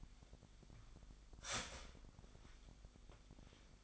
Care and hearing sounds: daily activity, microphone in the room; start toaster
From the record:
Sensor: 5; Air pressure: 1002.0 hPa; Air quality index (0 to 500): 202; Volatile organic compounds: 18 ppm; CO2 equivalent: 2604 ppm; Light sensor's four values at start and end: 34/110/42/45 and 35/110/42/45

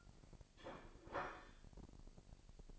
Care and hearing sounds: daily activity, microphone in the room; place plate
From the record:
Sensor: 5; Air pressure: 1007.6 hPa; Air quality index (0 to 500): 89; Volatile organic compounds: 1 ppm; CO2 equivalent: 704 ppm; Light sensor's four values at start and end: 31/72/29/29 and 31/72/29/29

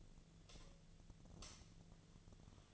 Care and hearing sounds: daily activity, microphone in the room; light off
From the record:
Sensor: 4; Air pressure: 1010.7 hPa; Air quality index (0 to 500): 173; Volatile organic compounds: 5 ppm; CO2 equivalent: 1759 ppm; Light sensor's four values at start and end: 37/109/43/44 and 37/107/43/43

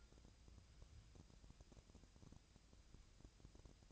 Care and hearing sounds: daily activity, microphone in the room; take from stove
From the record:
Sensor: 2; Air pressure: 999.9 hPa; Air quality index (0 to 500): 122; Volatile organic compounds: 2 ppm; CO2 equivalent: 1045 ppm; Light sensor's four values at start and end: 34/84/37/41 and 34/85/37/41

